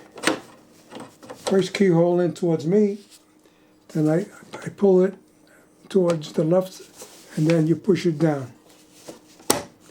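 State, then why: Seated. An embroidery hoop is fitted onto the embroidery arm carriage of a Brother PE900 embroidery machine: its first keyhole is placed toward the user, the hoop is slid to the left and pushed down. Someone talks through most of the clip, with a faint tap near 0.3 s. A sharp click at 9.5 s marks the hoop locking into place on the carriage.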